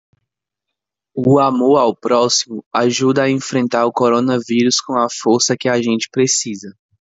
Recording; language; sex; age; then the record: spoken sentence; Brazilian Portuguese; male; 20 to 29 years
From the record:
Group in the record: control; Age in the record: 27 years